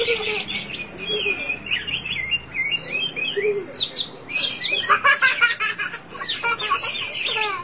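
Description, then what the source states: Oriental magpie-robin singing varied whistled phrases, building to a dense burst of rapid chattering notes midway, then continuing in quicker fragments. Kacer song.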